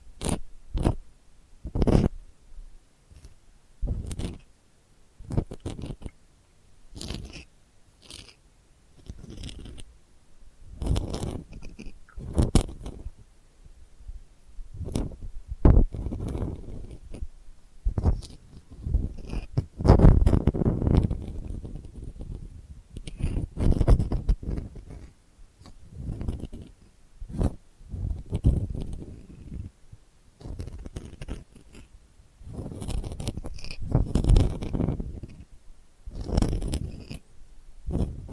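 Delicate scratching goes on in short, uneven bursts, each a brief crackly rasp, some quick and sharp, others drawn out over a second or two. The strokes come at an irregular pace, with denser, louder runs around the twentieth and thirty-fifth seconds and quiet gaps between.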